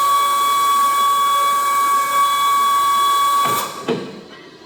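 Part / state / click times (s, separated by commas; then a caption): support arm locking into the conduit bender frame / not seated / none. A support arm on a Southwire Maxis hydraulic conduit bending machine rises by itself toward its locked position in the frame. A steady high tonal whine with harmonics runs until about 3.6 seconds, cuts off, and a short knock follows at 3.9 seconds before the sound fades. Nothing has seated or locked into place yet.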